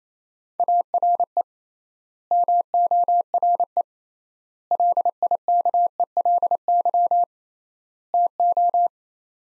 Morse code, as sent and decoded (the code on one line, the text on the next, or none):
.- .-. . / -- --- .-. . / .-.. .. -.- . .-.. -.-- / - ---
ARE MORE LIKELY TO